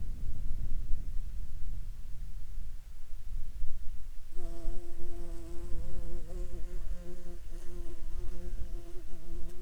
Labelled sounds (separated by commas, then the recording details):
insects
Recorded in Ivvavik National Park, Yukon, on 3 June 2019 at 11:44
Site SINP06